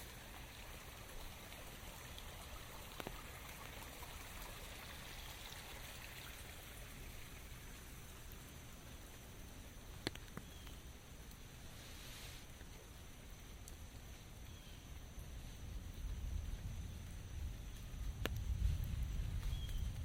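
Steady rain hisses around a walker, a dense, even wash with a few sharp taps near 3, 10 and 18 seconds, like drops striking an umbrella. A thin high whine runs throughout, and a low rumble swells in the last few seconds.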